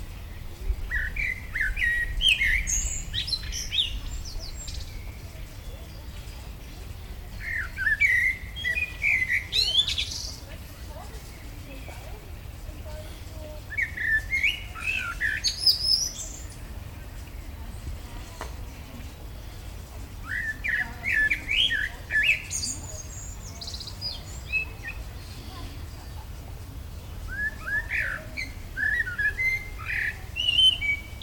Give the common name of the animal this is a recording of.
Common Blackbird